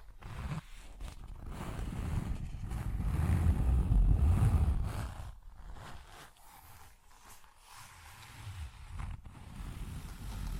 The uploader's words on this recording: Tapping, Scratching & Zipper Sounds.